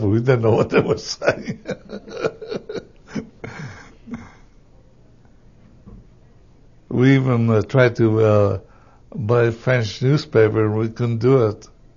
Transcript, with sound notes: But we didn't know what they were saying. (he laughs) We even tried to, uh, buy a French newspaper, we couldn't do it.